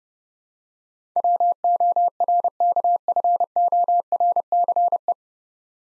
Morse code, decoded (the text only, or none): WORKFORCE